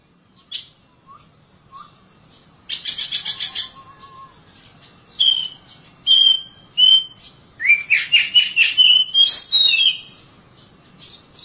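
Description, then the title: Oriental magpie-robin song with a harsh buzzy burst, then clear whistles and a fast string of rich, varied warbled notes. Chirping song. "Suara Kicauan Burung Kacer"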